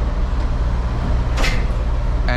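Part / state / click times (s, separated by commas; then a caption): trailer kingpin into tractor fifth wheel coupling / seated / 2.3 s. A truck backs under a trailer, leaving about an inch of gap, and its fifth wheel jaws close around the trailer kingpin. Over a steady low engine rumble, a brief burst of broadband noise comes at about 1.4 s, then a sharp click at 2.3 s as the jaws lock. The kingpin is seated in the fifth wheel, though a tug test is still needed to verify it is secured.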